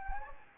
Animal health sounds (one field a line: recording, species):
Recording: mosquito wingbeat signal from an infrared sensor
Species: Anopheles gambiae